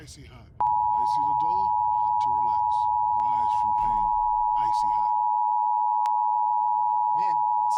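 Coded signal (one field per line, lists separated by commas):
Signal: Emergency Alert System (SAME) tones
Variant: 853 and 960 Hz attention tone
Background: speech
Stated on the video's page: National Periodic Test relayed strictly by broadcast TV and AM radio stations, not mobile devices.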